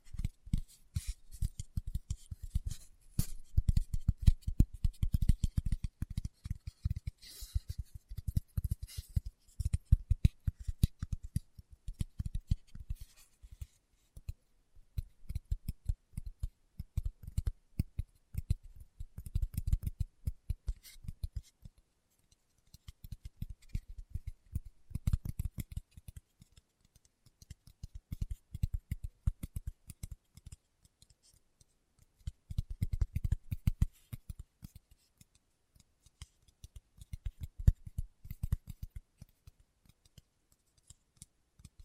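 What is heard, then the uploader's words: Fingertip tapping in quick, uneven bursts of dull low knocks with faint crisp clicks, pausing briefly every few seconds throughout. ASMR Tapping with Fingertips (No Talking).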